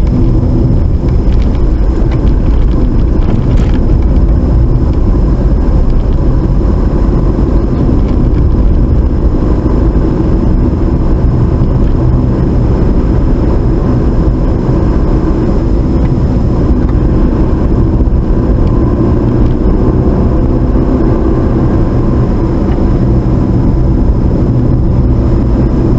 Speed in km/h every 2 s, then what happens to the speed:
31, 32, 34, 37, 40, 42, 42, 39, 44, 48, 52, 50, 47.
0-9 speeds up to 42. 9-15 steady at about 42. 15-19 speeds up to 52. 19-26 steady at about 50.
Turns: none.